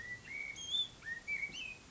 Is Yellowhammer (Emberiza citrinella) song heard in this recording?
no